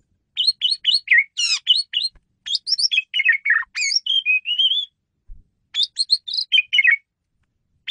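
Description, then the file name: Asian pied starling chattering calls, a steady stream of squeaky, whistled and warbled notes, a short gap, then more chatter. Female bird, used as a lure (pemikat) bird. "jalak suren betina pemikat"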